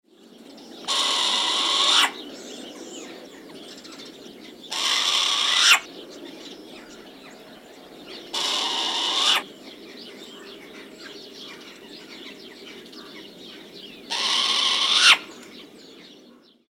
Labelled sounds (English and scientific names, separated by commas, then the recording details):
Short-eared Owl (Asio flammeus)
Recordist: Tembrock, Günter
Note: Rufe